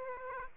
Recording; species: mosquito wingbeat signal from an infrared sensor; Aedes aegypti